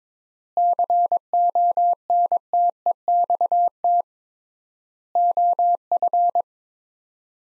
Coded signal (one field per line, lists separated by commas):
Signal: Morse code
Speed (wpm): 22 wpm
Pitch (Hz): 700 Hz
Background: none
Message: CONTEXT OF